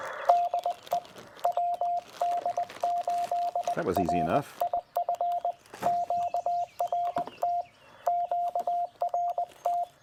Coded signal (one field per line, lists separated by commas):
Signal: Morse code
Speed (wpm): 20 wpm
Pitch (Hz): 700 Hz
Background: speech, radio noise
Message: DE WD8RIF QRT QRT